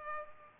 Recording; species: mosquito wingbeat signal from an infrared sensor; Culex pipiens